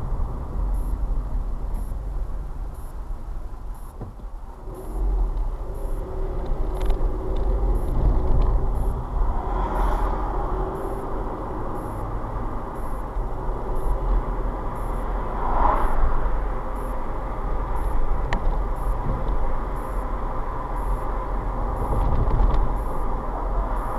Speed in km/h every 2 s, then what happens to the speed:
37, 31, 26, 24, 23, 26, 31, 35, 39, 40, 39, 39.
0-5 slows to 24. 9-16 speeds up to 39. 16-24 steady at about 39.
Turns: none.